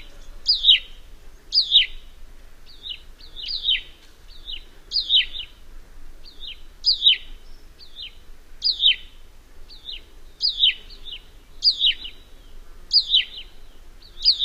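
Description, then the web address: Hutton's vireo singing a steady series of short, slurred descending whistles, repeated roughly every second or so with little variation, over quiet background. "Songs of Birds of North America Know Your Bird Sounds. Huttons Vireo"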